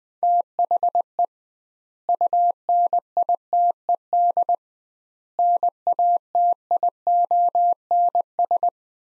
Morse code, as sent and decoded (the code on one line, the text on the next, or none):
- .... . / ..- -. .. - . -.. / -. .- - .. --- -. ...
THE UNITED NATIONS